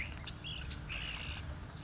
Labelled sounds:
Ash-throated Flycatcher (Myiarchus cinerascens)
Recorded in Sonoma County, California

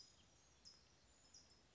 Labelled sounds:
California Towhee (Melozone crissalis)
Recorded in Sonoma County, California

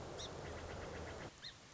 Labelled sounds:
Song Sparrow (Melospiza melodia)
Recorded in Sonoma County, California

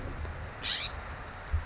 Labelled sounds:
California Scrub-Jay (Aphelocoma californica)
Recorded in Sonoma County, California

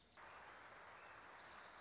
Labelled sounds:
Wilson's Warbler (Cardellina pusilla)
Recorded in Sonoma County, California

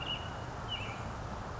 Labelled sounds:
Western Tanager (Piranga ludoviciana)
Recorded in Sonoma County, California

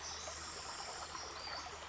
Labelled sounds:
Western Flycatcher (Empidonax difficilis)
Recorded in Sonoma County, California

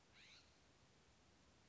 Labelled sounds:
California Scrub-Jay (Aphelocoma californica)
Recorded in Sonoma County, California

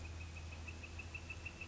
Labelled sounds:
Northern Flicker (Colaptes auratus)
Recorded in Sonoma County, California

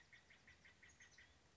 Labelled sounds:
Oak Titmouse (Baeolophus inornatus)
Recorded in Sonoma County, California

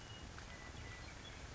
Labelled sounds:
Western Meadowlark (Sturnella neglecta)
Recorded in Sonoma County, California

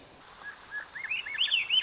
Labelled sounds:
Swainson's Thrush (Catharus ustulatus)
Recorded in Sonoma County, California

